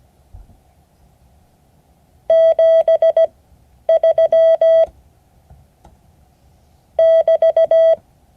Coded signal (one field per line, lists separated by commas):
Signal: Morse code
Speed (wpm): 17 wpm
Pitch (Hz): 650 Hz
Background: none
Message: 73 <BT>